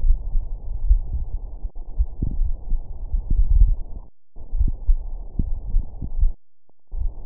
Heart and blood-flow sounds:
heart sounds
not marked
From the record:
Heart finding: coronary artery disease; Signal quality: poor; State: rest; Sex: male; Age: 86 years

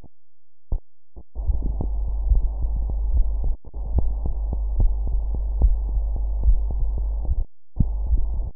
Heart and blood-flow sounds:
heart sounds
not marked
From the record:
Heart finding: coronary artery disease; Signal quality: poor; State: rest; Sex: female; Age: 50 years

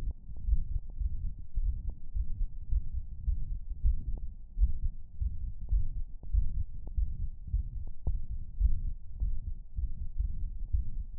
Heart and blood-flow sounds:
heart sounds
0.00	0.05	systole
0.05	0.15	S2
0.15	0.45	diastole
0.45	0.61	S1
0.61	0.71	systole
0.71	0.81	S2
0.81	1.01	diastole
1.01	1.13	S1
1.13	1.21	systole
1.21	1.31	S2
1.31	1.57	diastole
1.57	1.75	S1
1.75	1.85	systole
1.85	1.93	S2
1.93	2.17	diastole
2.17	2.27	S1
2.27	2.37	systole
2.37	2.47	S2
2.47	2.71	diastole
2.71	2.83	S1
2.83	2.93	systole
2.93	3.03	S2
3.03	3.27	diastole
3.27	3.39	S1
3.39	3.49	systole
3.49	3.59	S2
3.59	3.85	diastole
3.85	3.99	S1
3.99	4.15	systole
4.15	4.27	S2
4.27	4.57	diastole
4.57	4.71	S1
4.71	4.83	systole
4.83	4.93	S2
4.93	5.21	diastole
5.21	5.33	S1
5.33	5.41	systole
5.41	5.49	S2
5.49	5.71	diastole
5.71	5.85	S1
5.85	5.95	systole
5.95	6.05	S2
6.05	6.31	diastole
6.31	6.45	S1
6.45	6.55	systole
6.55	6.67	S2
6.67	6.95	diastole
6.95	7.09	S1
7.09	7.19	systole
7.19	7.29	S2
7.29	7.53	diastole
7.53	7.65	S1
7.65	7.75	systole
7.75	7.83	S2
7.83	8.07	diastole
8.07	8.21	S1
8.21	8.31	systole
8.31	8.39	S2
8.39	8.59	diastole
8.59	8.75	S1
8.75	8.85	systole
8.85	8.95	S2
8.95	9.21	diastole
9.21	9.35	S1
9.35	9.45	systole
9.45	9.55	S2
9.55	9.79	diastole
9.79	9.89	S1
9.89	9.99	systole
9.99	10.09	S2
10.09	10.19	diastole
10.19	10.31	S1
10.31	10.41	systole
10.41	10.51	S2
10.51	10.73	diastole
10.73	10.85	S1
10.85	10.95	systole
10.95	11.05	S2
11.05	11.19	diastole
From the record:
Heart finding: mitral regurgitation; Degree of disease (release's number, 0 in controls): 2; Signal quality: good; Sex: female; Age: 78 years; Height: 1.62 m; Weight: 80 kg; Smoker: no

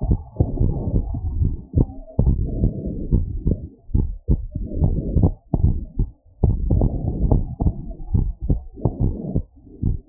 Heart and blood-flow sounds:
heart sounds
0.00	0.03	systole
0.03	0.13	S2
0.13	0.60	diastole
0.60	0.71	S1
0.71	0.92	systole
0.92	1.01	S2
1.01	1.37	diastole
1.37	1.52	S1
1.52	1.74	systole
1.74	1.87	S2
1.87	2.24	diastole
2.24	2.34	S1
2.34	2.59	systole
2.59	2.72	S2
2.72	3.16	diastole
3.16	3.26	S1
3.26	3.43	systole
3.43	3.57	S2
3.57	3.94	diastole
3.94	4.05	S1
4.05	4.27	systole
4.27	4.40	S2
4.40	4.79	diastole
4.79	4.89	S1
4.89	5.19	systole
5.19	5.31	S2
5.31	5.59	diastole
5.59	5.73	S1
5.73	5.95	systole
5.95	6.04	S2
6.04	6.40	diastole
6.40	6.53	S1
6.53	6.78	systole
6.78	6.89	S2
6.89	7.24	diastole
7.24	7.36	S1
7.36	7.59	systole
7.59	7.71	S2
7.71	8.11	diastole
8.11	8.26	S1
8.26	8.45	systole
8.45	8.56	S2
8.56	8.99	diastole
8.99	9.11	S1
9.11	9.31	systole
9.31	9.45	S2
9.45	9.80	diastole
9.80	9.94	S1
9.94	10.08	systole
From the record:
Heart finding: normal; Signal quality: good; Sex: female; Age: 63 years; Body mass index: 29.3

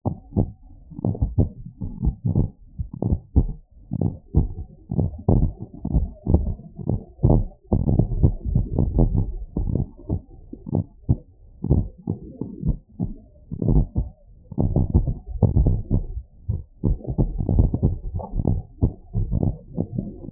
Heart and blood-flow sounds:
heart sounds
0.00	0.02	S1
0.02	0.34	systole
0.34	0.48	S2
0.48	1.06	diastole
1.06	1.16	S1
1.16	1.36	systole
1.36	1.48	S2
1.48	2.04	diastole
2.04	2.16	S1
2.16	2.36	systole
2.36	2.48	S2
2.48	3.06	diastole
3.06	3.18	S1
3.18	3.36	systole
3.36	3.50	S2
3.50	4.02	diastole
4.02	4.14	S1
4.14	4.36	systole
4.36	4.48	S2
4.48	4.98	diastole
4.98	5.12	S1
5.12	5.36	systole
5.36	5.50	S2
5.50	5.94	diastole
5.94	6.08	S1
6.08	6.30	systole
6.30	6.46	S2
6.46	6.92	diastole
6.92	7.02	S1
7.02	7.24	systole
7.24	7.40	S2
7.40	7.88	diastole
7.88	8.06	S1
8.06	8.22	systole
8.22	8.36	S2
8.36	8.80	diastole
8.80	8.94	S1
8.94	9.14	systole
9.14	9.26	S2
9.26	9.74	diastole
9.74	9.86	S1
9.86	10.10	systole
10.10	10.20	S2
10.20	10.74	diastole
10.74	10.84	S1
10.84	11.08	systole
11.08	11.18	S2
11.18	11.70	diastole
11.70	11.86	S1
11.86	12.08	systole
12.08	12.16	S2
12.16	12.66	diastole
12.66	12.78	S1
12.78	13.02	systole
13.02	13.12	S2
13.12	13.68	diastole
13.68	13.86	S1
13.86	14.06	systole
14.06	14.12	S2
14.12	14.60	diastole
14.60	14.72	S1
14.72	14.94	systole
14.94	15.06	S2
15.06	15.56	diastole
15.56	15.74	S1
15.74	15.92	systole
15.92	16.04	S2
16.04	16.54	diastole
16.54	16.64	S1
16.64	16.86	systole
16.86	16.98	S2
16.98	17.54	diastole
17.54	17.70	S1
17.70	17.84	systole
17.84	17.96	S2
17.96	18.48	diastole
18.48	18.60	S1
18.60	18.82	systole
18.82	18.92	S2
18.92	19.42	diastole
19.42	19.54	S1
19.54	19.76	systole
19.76	19.86	S2
19.86	20.32	diastole
From the record:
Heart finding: normal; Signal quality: good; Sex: male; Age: 61 years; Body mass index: 26.4

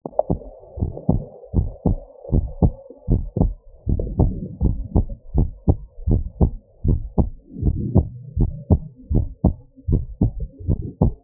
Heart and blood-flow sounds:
heart sounds
0.00	0.02	S1
0.02	0.26	systole
0.26	0.38	S2
0.38	0.78	diastole
0.78	0.90	S1
0.90	1.10	systole
1.10	1.22	S2
1.22	1.56	diastole
1.56	1.68	S1
1.68	1.86	systole
1.86	1.98	S2
1.98	2.34	diastole
2.34	2.46	S1
2.46	2.62	systole
2.62	2.74	S2
2.74	3.12	diastole
3.12	3.24	S1
3.24	3.42	systole
3.42	3.54	S2
3.54	3.88	diastole
3.88	4.02	S1
4.02	4.20	systole
4.20	4.32	S2
4.32	4.64	diastole
4.64	4.78	S1
4.78	4.96	systole
4.96	5.06	S2
5.06	5.36	diastole
5.36	5.48	S1
5.48	5.68	systole
5.68	5.76	S2
5.76	6.08	diastole
6.08	6.22	S1
6.22	6.42	systole
6.42	6.52	S2
6.52	6.86	diastole
6.86	7.00	S1
7.00	7.20	systole
7.20	7.30	S2
7.30	7.62	diastole
7.62	7.74	S1
7.74	7.94	systole
7.94	8.06	S2
8.06	8.40	diastole
8.40	8.52	S1
8.52	8.72	systole
8.72	8.82	S2
8.82	9.14	diastole
9.14	9.26	S1
9.26	9.44	systole
9.44	9.54	S2
9.54	9.90	diastole
9.90	10.02	S1
10.02	10.22	systole
10.22	10.32	S2
10.32	10.68	diastole
10.68	10.80	S1
10.80	11.02	systole
11.02	11.14	S2
11.14	11.24	diastole
From the record:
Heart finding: normal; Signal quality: good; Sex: female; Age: 43 years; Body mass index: 36.3

